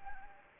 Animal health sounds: mosquito wingbeat signal from an infrared sensor; Anopheles gambiae

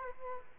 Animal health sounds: mosquito wingbeat signal from an infrared sensor; Aedes aegypti

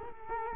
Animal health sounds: mosquito wingbeat signal from an infrared sensor; Culex quinquefasciatus

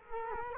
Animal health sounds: mosquito wingbeat signal from an infrared sensor; Culex quinquefasciatus

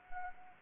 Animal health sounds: mosquito wingbeat signal from an infrared sensor; Anopheles arabiensis

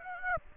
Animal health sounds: mosquito wingbeat signal from an infrared sensor; Aedes aegypti

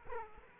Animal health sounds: mosquito wingbeat signal from an infrared sensor; Aedes aegypti

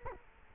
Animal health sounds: mosquito wingbeat signal from an infrared sensor; Culex quinquefasciatus

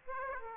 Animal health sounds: mosquito wingbeat signal from an infrared sensor; Aedes aegypti

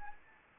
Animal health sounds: mosquito wingbeat signal from an infrared sensor; Anopheles arabiensis

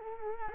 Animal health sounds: mosquito wingbeat signal from an infrared sensor; Culex quinquefasciatus

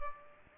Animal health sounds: mosquito wingbeat signal from an infrared sensor; Culex pipiens

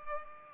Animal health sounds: mosquito wingbeat signal from an infrared sensor; Culex pipiens

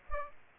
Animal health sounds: mosquito wingbeat signal from an infrared sensor; Aedes aegypti

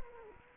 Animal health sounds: mosquito wingbeat signal from an infrared sensor; Anopheles gambiae

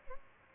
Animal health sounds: mosquito wingbeat signal from an infrared sensor; Aedes albopictus

